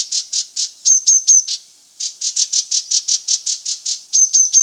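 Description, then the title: Green-backed tit calling with quick series of buzzy, high-pitched notes and thin whistled notes, a brief pause in the middle before the series resumes. "Green-backed Tit (Parus monticolus)"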